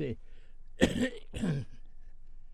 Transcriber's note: coughs